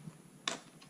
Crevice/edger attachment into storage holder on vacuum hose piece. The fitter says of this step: it locks into place.